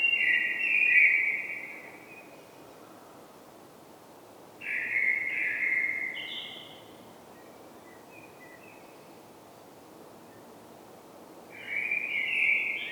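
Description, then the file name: Common blackbird, slow fluted song phrases separated by long pauses, some with brief higher chuckling notes. "Turdus merula"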